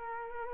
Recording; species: mosquito wingbeat signal from an infrared sensor; Culex quinquefasciatus